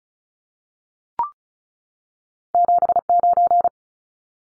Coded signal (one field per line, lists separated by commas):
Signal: Morse code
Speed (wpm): 34 wpm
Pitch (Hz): 700 Hz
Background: none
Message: 79